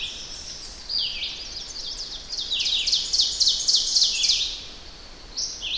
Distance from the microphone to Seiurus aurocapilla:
about 25 m